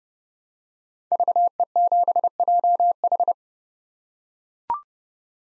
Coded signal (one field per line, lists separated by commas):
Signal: Morse code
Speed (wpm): 30 wpm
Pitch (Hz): 700 Hz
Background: none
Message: VE7JH